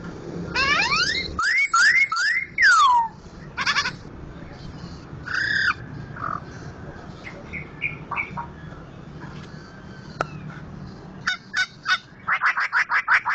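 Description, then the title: Laughingthrush: a quick run of descending whistled notes, then quieter scattered calls, finishing with rapid staccato bursts. Loud-voiced national champion contest bird, in persistent vigorous song (gacor). "Poksay Jambul Sumatra Suara Keras Juara Nasional. Poksay Hongkong gacor mantab (Gathutkaca)"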